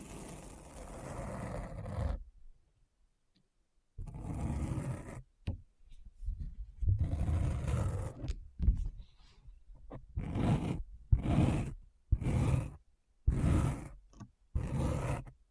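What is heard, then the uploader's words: Deep Brain Scratch: a rough, growling scrape sound, low and gritty with a hissy top, coming in bursts. A long grind opens, then after a two-second silence come uneven strokes, settling into short regular scratches about once a second near the end. ASMR Deep Brain Scratch (No Talking).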